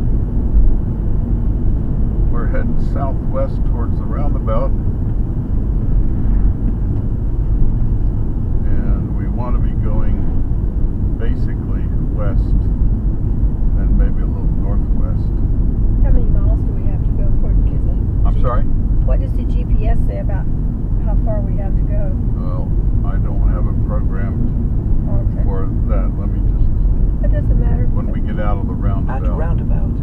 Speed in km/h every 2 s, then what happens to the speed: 85, 85, 82, 79, 77, 76, 74, 74, 72, 71, 71, 71, 71, 71, 68.
0-11 slows to 74. 11-30 steady at about 71.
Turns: none.